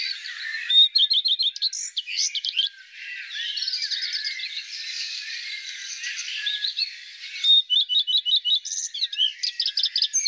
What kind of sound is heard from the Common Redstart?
song